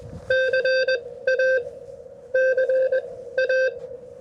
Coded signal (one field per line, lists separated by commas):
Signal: Morse code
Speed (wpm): 20 wpm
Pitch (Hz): 520 Hz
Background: none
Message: CA CA